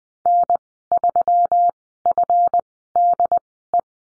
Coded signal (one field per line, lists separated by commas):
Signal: Morse code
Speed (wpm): 20 wpm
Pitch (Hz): 700 Hz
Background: none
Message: N3FDE